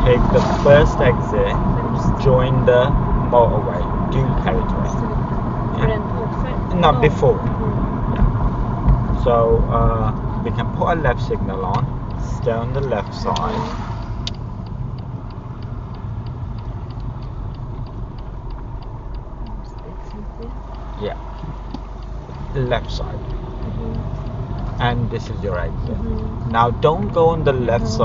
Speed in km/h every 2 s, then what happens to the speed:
50, 48, 45, 40, 31, 24, 18, 13, 6, 0, 8, 18, 24, 27.
0-18 slows to 0. 19-28 pulls away to 27.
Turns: 19-28.